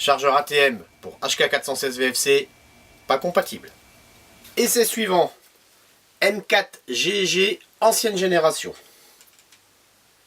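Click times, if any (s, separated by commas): none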